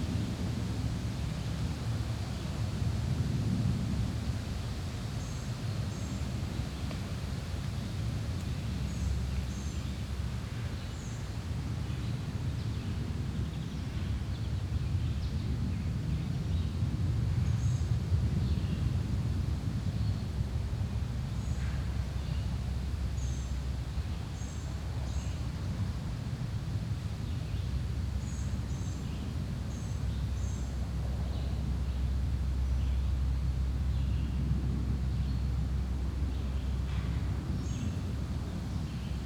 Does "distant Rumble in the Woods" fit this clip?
yes